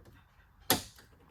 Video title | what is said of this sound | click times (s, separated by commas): 2011-2014 Chevy Silverado GMC Sierra 1500 Rear Bumper Replacement - Truck Upgrade - DIY Truck Repair | All right, that one locked. | 0.7 s